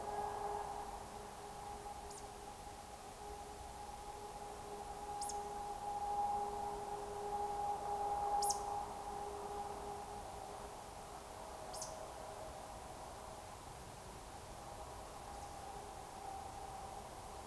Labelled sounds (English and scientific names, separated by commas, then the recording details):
Eurasian Woodcock (Scolopax rusticola)
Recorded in Baden-Württemberg, Germany, on 30 June 2020 at 02:23 UTC
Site 43791, 788 m above sea level